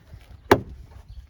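A plastic front trunk tub for a BMW iX1 is pushed hard down onto the rubber mounting domes in the car's front compartment. A single loud, sharp snap is heard at 0.5 seconds as it seats on the domes, with only quiet background before and after. The tub is now seated in place.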